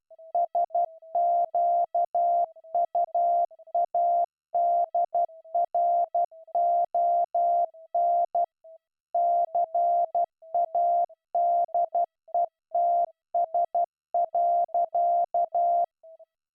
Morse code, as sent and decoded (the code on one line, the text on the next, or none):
... --.- ..- .- -.. .-. --- -. / -.-. .- -.. . - ... .-.-.-
SQUADRON CADETS.